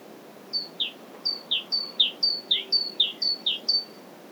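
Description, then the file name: Great tit calling a fast series of paired notes, each a sharp high whistle dropping into a lower slurred note, several pairs in a row. "Parus major"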